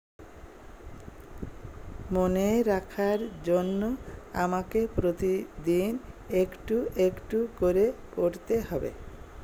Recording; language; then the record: elicited speech; Bengali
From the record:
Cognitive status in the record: dementia